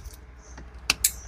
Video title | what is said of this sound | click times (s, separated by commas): Pasang Mohawk Complete Set - Android Player + Speaker + Reverse Camera - 100% Full Toturial 2026 | Okey, dia ada bunyi tik klik. | 0.9 s, 1.0 s